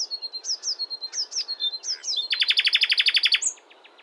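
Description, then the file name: Common nightingale song: a series of repeated down-slurred whistles, then a fast loud rattling trill of evenly spaced notes ending with a thin high note. "Luscinia megarhynchos"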